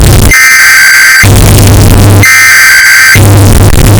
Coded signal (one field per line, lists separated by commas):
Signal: Emergency Alert System (SAME) tones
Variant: header bursts